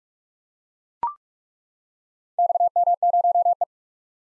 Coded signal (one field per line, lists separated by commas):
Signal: Morse code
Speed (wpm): 42 wpm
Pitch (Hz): 700 Hz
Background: none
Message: XM0E